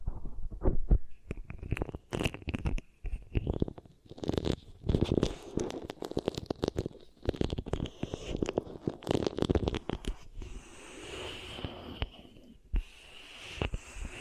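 Fingers squish and press beeswax against a microphone, making dense, crackly, sticky sounds with sharp clicks and pops packed closely together. The rubbing is steady and busy through most of the clip, easing into a softer, smoother rustle near the end.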